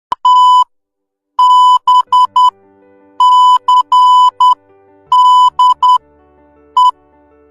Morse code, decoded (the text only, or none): TBCDE